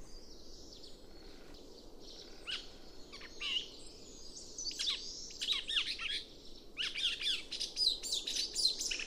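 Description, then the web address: Chestnut-cheeked starling calls: scattered thin squeaks and chirps that build into a louder, quicker twittering toward the end. "komukudori"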